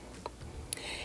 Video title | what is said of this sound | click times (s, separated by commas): HOW TO DEFINE CURLS ON NATURAL HAIR WITH ALOPECIA | and it pops out | 0.7 s